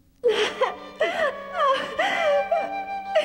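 A woman in Sailor Moon cries softly from happiness, her voice breaking into about four wavering, high-pitched sobs with quivering breaths between them and no words spoken.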